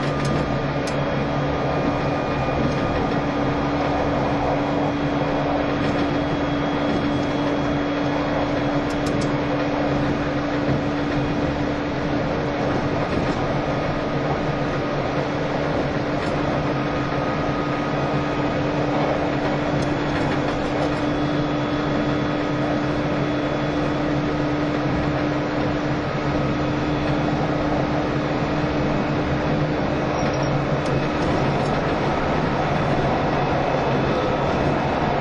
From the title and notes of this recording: E351系 Sあずさ18号. 松本～新宿. 速達運用だった＂スーパーあずさ18号＂の列車走行音(静止画)です。 Train running sound.